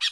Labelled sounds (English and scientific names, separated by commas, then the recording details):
Brown-throated Parakeet (Eupsittula pertinax) contact call
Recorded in Bonaire
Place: 1 km N of power plant, rd to Republiek
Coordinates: 12.184, -68.285